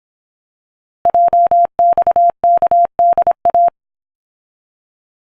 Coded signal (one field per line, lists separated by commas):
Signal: Morse code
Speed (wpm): 26 wpm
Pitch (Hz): 690 Hz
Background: none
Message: JXKDA